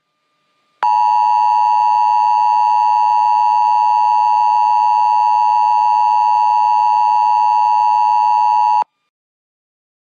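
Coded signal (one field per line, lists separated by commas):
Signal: Emergency Alert System (SAME) tones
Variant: 853 and 960 Hz attention tone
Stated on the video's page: Mock Flash Flood Warning alert with valid EAS tones.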